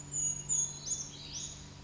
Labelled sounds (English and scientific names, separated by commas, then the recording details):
Brown Creeper (Certhia americana)
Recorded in Sonoma County, California